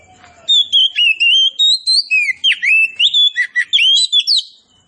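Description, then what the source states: Oriental magpie-robin song: a continuous run of clear whistled notes, rising and falling slurs and short twittering figures, lasting about four seconds. Indonesian name kacer poci; described as gacor, singing vigorously.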